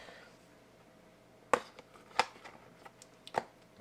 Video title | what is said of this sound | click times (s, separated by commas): Kobo Libra Update - Sleep Cover Review! | let's try it clicks | 1.5 s